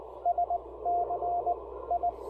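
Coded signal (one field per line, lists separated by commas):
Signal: Morse code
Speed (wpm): 19 wpm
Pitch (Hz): 690 Hz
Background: radio noise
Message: SC I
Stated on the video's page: QRP Parks on the Air field activation using a Ten-Tec Argonaut V transceiver.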